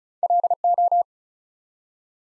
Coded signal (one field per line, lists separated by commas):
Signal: Morse code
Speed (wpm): 36 wpm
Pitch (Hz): 700 Hz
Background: none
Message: LO